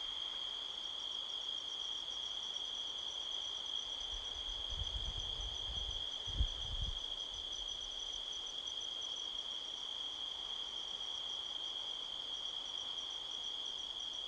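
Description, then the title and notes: Crickets calling in a steady high trill with a faster pulsing layer above it; a few low gusts of wind thump and rustle around the middle. Midnight, 5 October 2023, canyon at Sedona, Arizona, USA; strong wind blowing across the canyon rustling trees, crickets calling all around. "Midnight Soundscape, Sedona, Arizona, USA on 5th October 2023 – by Joe Harvey-Whyte. A strong wind blows across the canyon, rustling trees. The sound of crickets can be heard all around"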